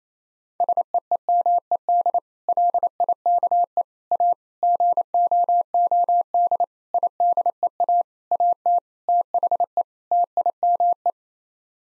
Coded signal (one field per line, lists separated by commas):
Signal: Morse code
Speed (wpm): 27 wpm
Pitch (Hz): 700 Hz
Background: none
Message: SEEMED LIKE A GOOD IDEA AT THE TIME